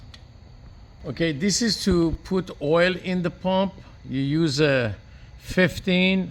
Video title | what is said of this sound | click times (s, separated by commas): Amtex Equipment Stack 570 Introductory Video 1 | and you push it all the way in till it clicks | 0.1 s